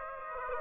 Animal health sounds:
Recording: mosquito wingbeat signal from an infrared sensor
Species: Aedes aegypti

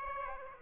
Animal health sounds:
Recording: mosquito wingbeat signal from an infrared sensor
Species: Aedes aegypti

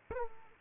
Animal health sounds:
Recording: mosquito wingbeat signal from an infrared sensor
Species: Aedes aegypti

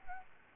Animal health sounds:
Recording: mosquito wingbeat signal from an infrared sensor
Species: Aedes albopictus

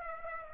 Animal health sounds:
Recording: mosquito wingbeat signal from an infrared sensor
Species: Aedes aegypti

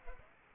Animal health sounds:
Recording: mosquito wingbeat signal from an infrared sensor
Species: Aedes aegypti

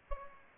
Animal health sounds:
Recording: mosquito wingbeat signal from an infrared sensor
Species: Aedes aegypti

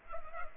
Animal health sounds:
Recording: mosquito wingbeat signal from an infrared sensor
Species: Culex pipiens

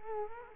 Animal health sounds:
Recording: mosquito wingbeat signal from an infrared sensor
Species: Culex quinquefasciatus

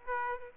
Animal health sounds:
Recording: mosquito wingbeat signal from an infrared sensor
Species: Aedes aegypti

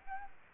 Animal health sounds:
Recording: mosquito wingbeat signal from an infrared sensor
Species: Aedes albopictus

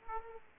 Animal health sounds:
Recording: mosquito wingbeat signal from an infrared sensor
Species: Aedes aegypti

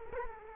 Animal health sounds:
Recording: mosquito wingbeat signal from an infrared sensor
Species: Culex quinquefasciatus

